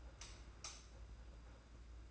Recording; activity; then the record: daily activity, microphone in the room; light off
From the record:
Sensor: 2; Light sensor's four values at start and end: 16/44/17/17 and 11/27/11/11